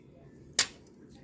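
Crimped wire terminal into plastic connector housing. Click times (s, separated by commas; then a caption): 0.6 s. The tip of a box knife pushes a crimped metal terminal into a plastic connector housing for a Chevy Bolt EV Giraffe assembly. One sharp, loud click comes at 0.6 s, followed by fainter ticks near 0.9 s and 1.2 s. The terminal latches and is seated.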